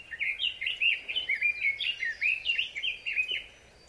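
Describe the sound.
Red-billed leiothrix singing a fast, continuous warble of bright, slurred notes that bounce up and down, fading out near the end.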